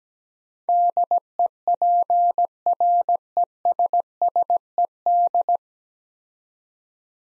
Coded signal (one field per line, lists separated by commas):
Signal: Morse code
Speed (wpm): 17 wpm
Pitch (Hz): 700 Hz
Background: none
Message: DEPRESSED